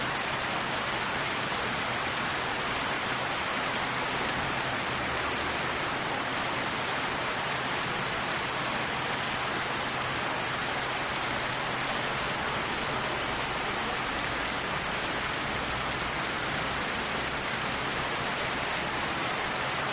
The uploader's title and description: Thunder and Rainfall. Sounds of thunder echoing in the distance, paired with the gentle patter of rain against the window